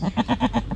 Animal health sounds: contact call of a hoofed animal; goat; low-frequency (closed-mouth) or high-frequency (open-mouth) call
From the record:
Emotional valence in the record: negative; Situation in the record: short social isolation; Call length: 0.76 s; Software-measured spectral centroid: 1560 Hz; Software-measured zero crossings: 1040 a second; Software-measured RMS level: -23 dBFS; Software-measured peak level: -8 dBFS

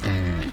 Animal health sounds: contact call of a hoofed animal; wild boar; grunt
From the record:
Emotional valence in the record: negative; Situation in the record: naturally occurring agonistic interactions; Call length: 0.53 s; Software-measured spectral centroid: 2040 Hz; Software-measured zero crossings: 1390 a second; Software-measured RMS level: -24 dBFS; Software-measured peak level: -13 dBFS

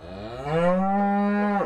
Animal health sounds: contact call of a hoofed animal; cattle; low-frequency (closed-mouth) or high-frequency (open-mouth) call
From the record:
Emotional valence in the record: negative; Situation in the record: full separation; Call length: 1.65 s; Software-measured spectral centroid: 1100 Hz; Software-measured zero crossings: 1250 a second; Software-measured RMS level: -23 dBFS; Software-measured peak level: -11 dBFS

